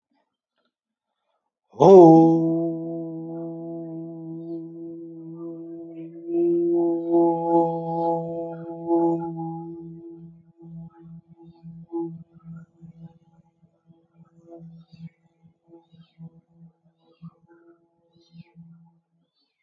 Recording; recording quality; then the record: sustained vowel as in boot; excellent, no background noise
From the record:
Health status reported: healthy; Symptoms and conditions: none ticked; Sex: male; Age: 41 years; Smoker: not ticked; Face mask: not worn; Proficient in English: yes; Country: India